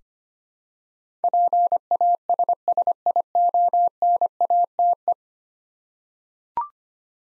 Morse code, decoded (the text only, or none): PASSIONATE